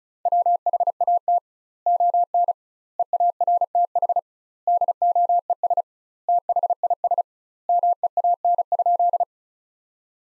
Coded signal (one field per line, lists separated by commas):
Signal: Morse code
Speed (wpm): 36 wpm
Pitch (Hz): 700 Hz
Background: none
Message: WHAT ON EARTH DOES THIS MEAN?